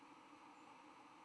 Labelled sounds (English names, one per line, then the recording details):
White-throated Sparrow flight call
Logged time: 06:53 on 10 November 2014